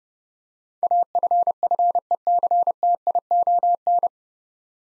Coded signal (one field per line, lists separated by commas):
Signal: Morse code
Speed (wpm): 30 wpm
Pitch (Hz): 700 Hz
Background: none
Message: AFFECTION